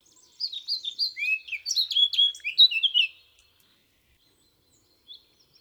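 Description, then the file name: Eurasian blackcap song: a fast, tumbling phrase of bright whistled and chattering notes about three seconds long, followed by near silence and one faint note. "Sylvia atricapilla"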